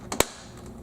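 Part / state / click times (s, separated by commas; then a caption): plastic carry handle into cleaner base slots / seated / 0.1 s, 0.2 s. A plastic carry handle is pushed into the slots on the side of the base of a Bissell ProHeat 2X Revolution Pet Pro Carpet Cleaner, Model 2007F (Costco item 3000115). A softer click at 0.1 s is followed by a sharp, loud click at 0.2 s, and the handle seats into the base.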